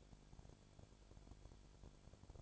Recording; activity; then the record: daily activity, microphone in the room; no activity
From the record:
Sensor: 5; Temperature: 20.2 degrees Celsius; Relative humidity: 36.5%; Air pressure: 1001.3 hPa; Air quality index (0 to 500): 177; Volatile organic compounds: 4 ppm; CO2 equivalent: 1617 ppm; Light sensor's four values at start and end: 2/3/1/1 and 2/3/1/1